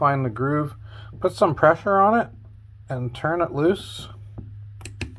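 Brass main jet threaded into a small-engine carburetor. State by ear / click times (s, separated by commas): released / 5.0 s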